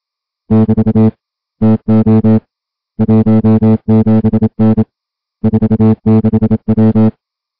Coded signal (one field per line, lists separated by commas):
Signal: Morse code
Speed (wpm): 27 wpm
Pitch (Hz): 220 Hz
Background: music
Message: <BT> TO 17N 46W